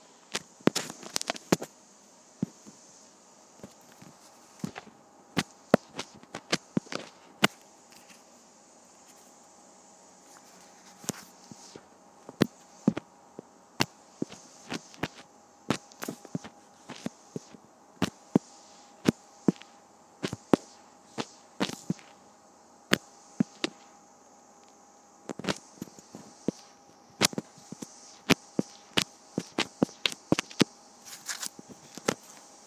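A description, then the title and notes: Pages of a paper pad are flipped one after another, each turn a sharp, crisp snap, sometimes in quick bursts and sometimes spaced a second or two apart. A faint steady hum with a thin high hiss sits underneath throughout. Flipping Through a Pad of Paper.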